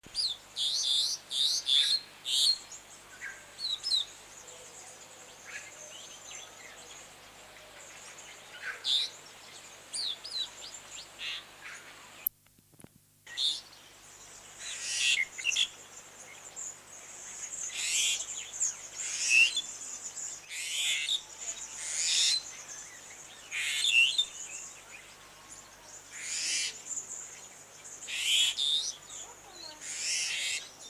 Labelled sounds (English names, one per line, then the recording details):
Pied Myna song
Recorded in captivity
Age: adult
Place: Zoo Berlin, Berlin, DE
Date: 2004-09-17 13:38
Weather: sunny, 19°C
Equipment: Sony WM-D6C, Sennheiser ME 80, Kopie Uher 4000 Report Monitor
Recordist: Tembrock, Günter